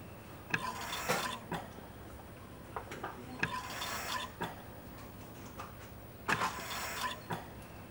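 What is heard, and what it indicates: Repeating mechanical cycles about every three seconds, roughly 20 a minute, each a hissing whoosh with valve clicks and a faint steady tone: a hospital mechanical ventilator delivering breaths.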